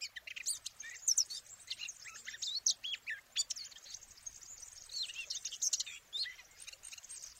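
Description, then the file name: Eurasian blackcap calling with sharp high chirps and quick rising and falling twitters in irregular clusters, faint hiss beneath. "Sylvia atricapilla"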